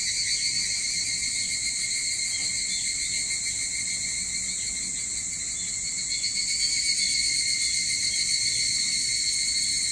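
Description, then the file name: Evening cicada song: dense, fast-pulsing high-pitched ringing that stays level, swelling a little in the last few seconds. Recorded 22 July 2023 at 04:40. "higurashi 230722 0440"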